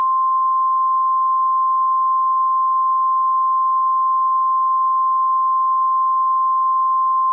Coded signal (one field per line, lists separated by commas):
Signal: Emergency Alert System (SAME) tones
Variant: 1050 Hz attention tone